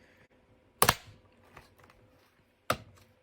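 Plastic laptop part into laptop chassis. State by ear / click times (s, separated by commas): seated / 0.8 s, 2.7 s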